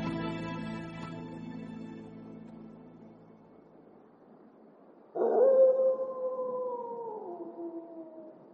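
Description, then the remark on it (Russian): A she-wolf in the snowy taiga lets out one long, steady howl that slowly slides lower in pitch, after a quiet stretch where an earlier ringing, harmonic tone fades away. No voices. “Волчица рыскает неподалеку.”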